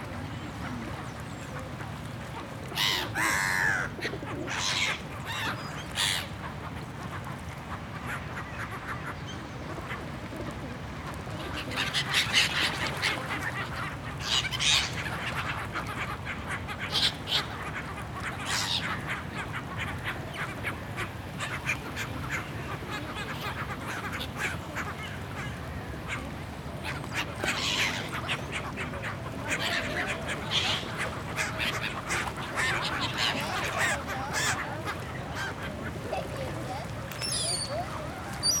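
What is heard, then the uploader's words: Birds at a park pond, with ducks quacking in bursts around 3, 12–18 and 28–32 seconds over a steady low outdoor rumble. Feeding The Birds at the Park. Water and nature sounds.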